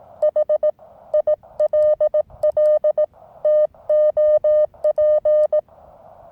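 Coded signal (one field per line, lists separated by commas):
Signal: Morse code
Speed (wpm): 18 wpm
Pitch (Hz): 610 Hz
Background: none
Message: HILL TOP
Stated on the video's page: Morse from a tiny Weber MTR radio operated in hills near Marseille, with a 6m wire antenna, 9:1 UNUN and T1 tuner.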